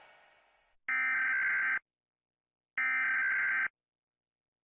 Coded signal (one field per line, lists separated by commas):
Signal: Emergency Alert System (SAME) tones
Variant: header bursts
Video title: Rating US States EAS Alarms Part 2